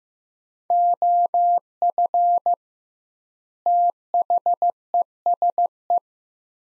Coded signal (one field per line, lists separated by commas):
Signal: Morse code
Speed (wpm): 15 wpm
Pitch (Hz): 700 Hz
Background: none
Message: OF THESE